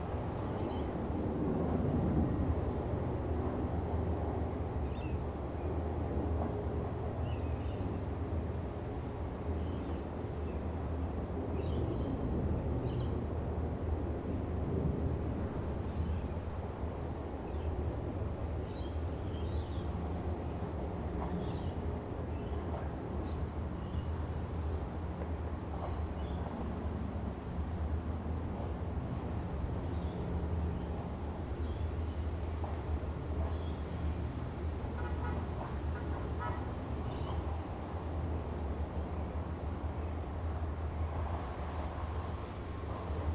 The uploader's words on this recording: Overlooking Tamarama Beach, Bondi, Sydney,. This recording comes from outside the building we stayed in overlooking the beautiful Tamarama Beach, which neighbors the well-known Bondi Beach outside of Sydney. It was a particularly windy, but beautiful day that I was able to capture without too much disturbance from the wind gusts.